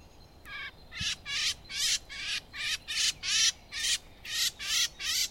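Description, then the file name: Eurasian blackcap repeating a harsh, grating churr note roughly twice a second in a steady, insistent series of about ten calls. "Sylvia atricapilla"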